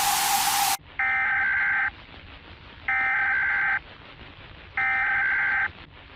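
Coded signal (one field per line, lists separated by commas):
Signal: Emergency Alert System (SAME) tones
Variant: header bursts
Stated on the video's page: Fictional zombie outbreak EAS scenario in analog-horror style, possibly containing valid EAS tones.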